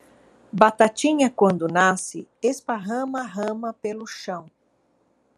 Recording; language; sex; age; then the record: short text; Brazilian Portuguese; female; 50 to 59 years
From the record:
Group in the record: control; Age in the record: 56 years